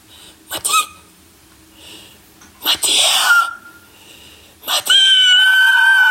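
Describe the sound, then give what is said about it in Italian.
A person screams three times, calling out for someone as a door opens and three men come in; each cry bursts out sharply and loudly, the first two short, the last a long, high-pitched, sustained shriek that carries to the end. “E io lo chiamo. Urlo.”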